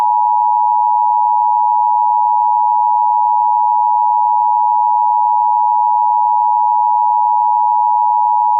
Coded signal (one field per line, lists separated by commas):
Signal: Emergency Alert System (SAME) tones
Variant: 853 and 960 Hz attention tone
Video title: EAS MOCK: Destructive ILN Severe Thunderstorm Warning